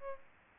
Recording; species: mosquito wingbeat signal from an infrared sensor; Culex pipiens